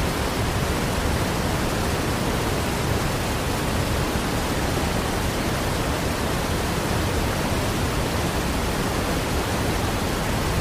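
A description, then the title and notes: A waterfall pours in a steady, unbroken rush, dense and even from start to finish. The sound is full and rumbling in the low end, with a softer hiss on top, and the level never rises or falls. Waterfall White Noise.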